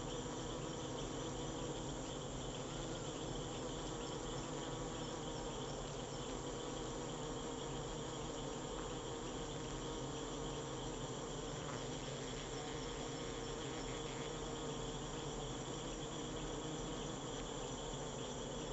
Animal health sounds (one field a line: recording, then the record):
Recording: honeybee defence experiment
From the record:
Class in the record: control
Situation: empty test tube, no live specimens